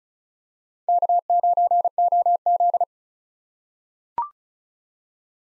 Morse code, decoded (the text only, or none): K9OZ